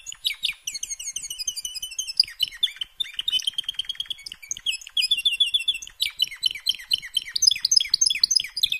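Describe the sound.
Canary song, a nonstop varied sequence of quick trills, rolls and sharp chirps, changing phrase every second or two.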